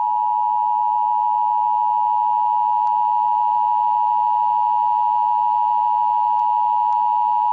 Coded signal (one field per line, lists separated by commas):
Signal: Emergency Alert System (SAME) tones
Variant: 853 and 960 Hz attention tone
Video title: EAS in Movies: "Knowing"